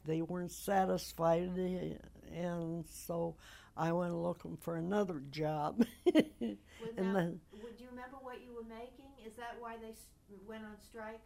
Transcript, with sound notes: They weren't satisfied and so I went lookin' for another job. (chuckles)
Do you remember what you were making? Is that why they went on strike?